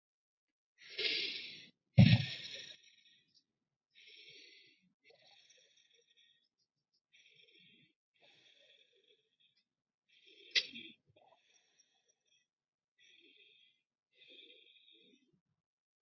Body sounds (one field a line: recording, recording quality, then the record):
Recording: deep breathing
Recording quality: moderate, slight background noise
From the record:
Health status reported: respiratory illness, not identified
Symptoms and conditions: asthma, diabetes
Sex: male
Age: 40 years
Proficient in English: yes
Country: India